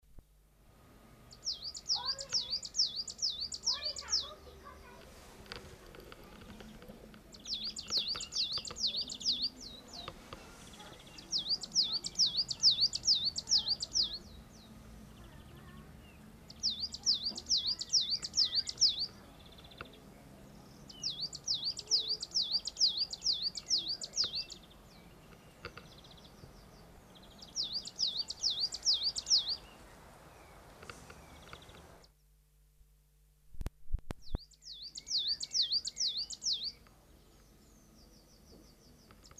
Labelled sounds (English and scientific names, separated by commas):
Coal Tit (Periparus ater) song